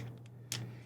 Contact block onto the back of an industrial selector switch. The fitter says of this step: they snap right in here.